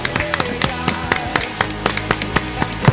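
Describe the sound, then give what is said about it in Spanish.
Scattered hand claps, sharp and fairly steady, roughly four per second, over a low sustained musical hum with no voices, applauding a radio station on its third anniversary. “Queremos primero y principal brindarle un fuerte aplauso a la radio que hoy cumple 3 años.”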